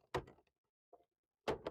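A plastic retaining tab on the back cover of a Lenovo AIO 510 23ISH all-in-one desktop, which has no screws and is held only by tabs, clicks loose at 0.2 s as the cover is pried off. A faint tap follows near 1.0 s, then a second, louder pair of clicks around 1.5–1.7 s. The tabs release and the cover comes free.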